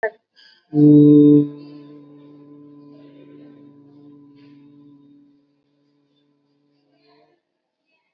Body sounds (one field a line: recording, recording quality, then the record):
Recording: sustained vowel as in boot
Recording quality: excellent, no background noise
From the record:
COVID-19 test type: RT-PCR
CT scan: not taken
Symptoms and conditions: sore throat, fever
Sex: male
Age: 22 years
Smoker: no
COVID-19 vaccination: one dose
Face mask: worn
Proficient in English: yes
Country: India